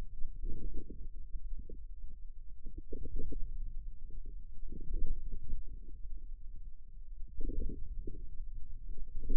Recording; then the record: forearm muscle sounds (acoustic myography)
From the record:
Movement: outward rotation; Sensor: system 2, bracelet of six BSWA MPA416 microphones around the upper forearm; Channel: 2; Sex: male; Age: 22 years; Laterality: right